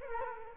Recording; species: mosquito wingbeat signal from an infrared sensor; Culex quinquefasciatus